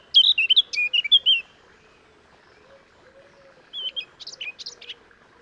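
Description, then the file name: Eurasian blackcap: a quick burst of high, sharp chirping notes, a pause of about two seconds, then a second looser burst; faint low hum beneath. "Sylvia atricapilla"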